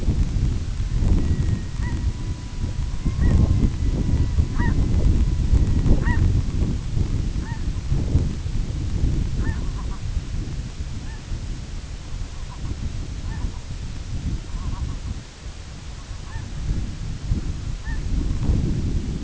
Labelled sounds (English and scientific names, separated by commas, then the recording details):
Red-throated Loon (Gavia stellata), unidentified sound, King Eider (Somateria spectabilis)
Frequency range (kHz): Red-throated Loon (Gavia stellata) 0.8-2.5 kHz; King Eider (Somateria spectabilis) 0.5-2.0 kHz
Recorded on Arctic tundra, site IGLO-A, on 22 June 2018
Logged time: 17:59